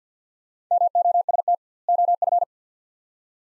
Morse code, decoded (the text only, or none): MOST OF